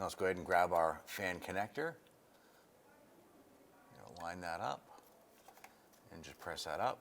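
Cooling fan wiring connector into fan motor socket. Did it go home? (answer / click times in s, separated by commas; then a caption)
no / none. Someone talks while grabbing the cooling fan wiring connector and lining it up with the fan motor socket on a 2011-2019 Ford Fiesta cooling fan assembly. Faint handling sounds come at about 4.0, 4.1 and 5.6 seconds between the speech. The connector has not seated or clicked yet.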